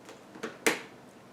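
A DDR4 memory module is pressed by thumb into a motherboard DIMM slot. Two softer taps lead up to a sharp click at 0.7 s, which likely means only one latch has caught and the module is not yet fully home.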